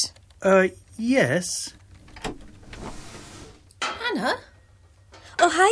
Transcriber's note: kitchen noises as starts preparing lunch